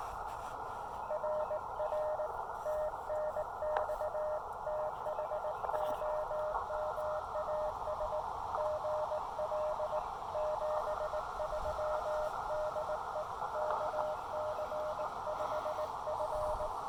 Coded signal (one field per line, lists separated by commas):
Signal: Morse code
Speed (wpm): 19 wpm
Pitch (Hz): 590 Hz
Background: none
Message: RR TNX THOMAS GL 73 DE KC5F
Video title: Solar Flare! QRP SOTA Activation of The Pinnacle with the Chameleon MPAS Lite and Elecraft KX2